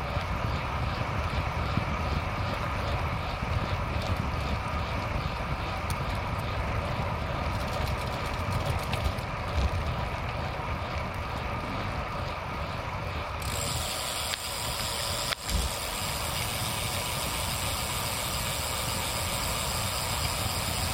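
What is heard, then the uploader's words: A vehicle descends a mountain road with a steady, dense engine and road rumble; the hiss brightens near 13 seconds, then a brief knock. Descending Turó de L'Home. As we venture into the heart of Montseny, Catalonia's picturesque massif boasting the highest peaks south of the Pyrenees. Brace yourself for a 30-kilometer epic descent from the towering Turó de L'Home at 1700m down to the charming city of Sant Celoni at 200m elevation.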